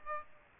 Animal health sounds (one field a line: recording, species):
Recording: mosquito wingbeat signal from an infrared sensor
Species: Aedes aegypti